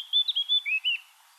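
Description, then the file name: Eurasian blackcap song fragment: a short series of clear, fluty whistled notes, slightly dropping in pitch, then quiet. "Sylvia atricapilla"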